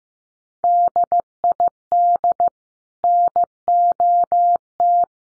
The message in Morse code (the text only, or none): DID NOT